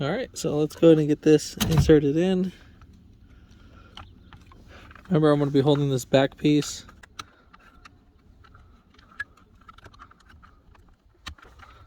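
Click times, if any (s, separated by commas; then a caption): none. Someone talks while holding the back piece of a replacement ignition lock assembly and positioning it at the steering column housing of a 2008 Volkswagen Jetta, whose key was stuck and would not turn the car off. After the talking, faint scattered taps and light handling sounds follow, with a few sharper ticks over quiet background. The assembly has not been pushed in yet, and nothing has seated or clicked.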